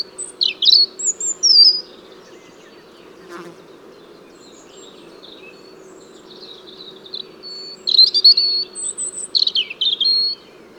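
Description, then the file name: European robin singing high, thin, varied phrases of warbled and trilled notes, one burst at the start and another near the end, over a steady low hum. "Erithacus rubecula"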